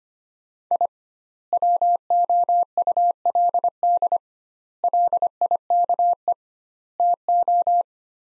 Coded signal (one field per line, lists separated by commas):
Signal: Morse code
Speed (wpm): 25 wpm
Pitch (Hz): 700 Hz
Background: none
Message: I WOULD LIKE TO